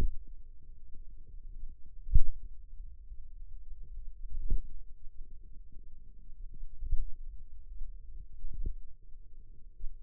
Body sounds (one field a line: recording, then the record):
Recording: forearm muscle sounds (acoustic myography)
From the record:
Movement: pen grasping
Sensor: system 2, bracelet of six BSWA MPA416 microphones around the upper forearm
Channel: 6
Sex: female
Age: 22 years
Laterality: right